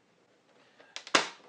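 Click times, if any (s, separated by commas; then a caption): 1.0 s, 1.2 s. A ring light component is pushed into its mount while assembling a newly bought ring light. Sharp plastic clicks sound at 1.0 s and 1.2 s, with a smaller click between them and a faint tail afterward. The piece snaps into place and is seated.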